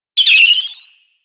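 Bird giving a single high chirp that starts sharply and slides gently downward before fading, in silence otherwise.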